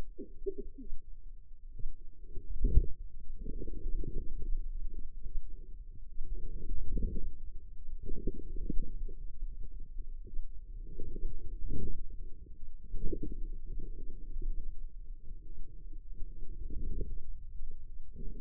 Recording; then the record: forearm muscle sounds (acoustic myography)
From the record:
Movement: wrist flexion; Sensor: system 2, bracelet of six BSWA MPA416 microphones around the upper forearm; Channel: 2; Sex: female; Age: 25 years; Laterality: right